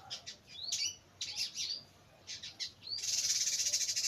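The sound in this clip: Bird chirping: short high chips and rising whistled slurs, ending in a dense buzzy chattering burst.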